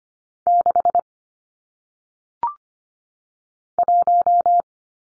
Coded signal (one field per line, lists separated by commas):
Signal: Morse code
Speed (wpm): 25 wpm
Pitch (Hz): 700 Hz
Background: none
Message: 6 1